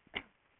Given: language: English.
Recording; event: throat vibration sensor signal played as sound; cough